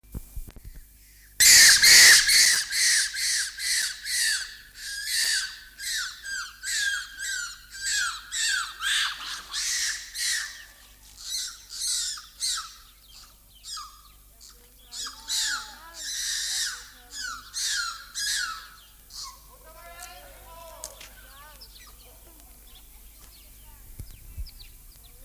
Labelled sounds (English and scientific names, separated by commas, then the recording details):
Japanese Macaque (Macaca fuscata)
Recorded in captivity
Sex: female
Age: adult
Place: Tierpark Berlin, Berlin, DE
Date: 2002-03-17 16:03
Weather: sunny, 14°C
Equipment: Sony WM-D6C, Sennheiser MKH 416, Kopie Uher 4000 Report Monitor
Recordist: Tembrock, Günter
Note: Weibchen: Abwehrlaute gegen Männchen (Futterverteidigung)